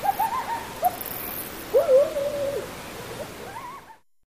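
Coyote howls, a wavering call, then a rising, sustained howl, followed by a fainter wavering note before the sound cuts off.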